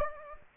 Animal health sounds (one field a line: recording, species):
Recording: mosquito wingbeat signal from an infrared sensor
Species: Anopheles gambiae